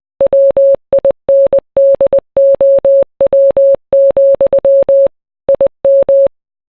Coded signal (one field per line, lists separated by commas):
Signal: Morse code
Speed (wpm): 20 wpm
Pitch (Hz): 550 Hz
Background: none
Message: WINDOW, IM